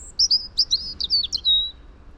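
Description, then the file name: European robin song: a quick run of thin, high warbled notes that ends in a descending whistled slide, with a faint steady hiss beneath. "Erithacus rubecula"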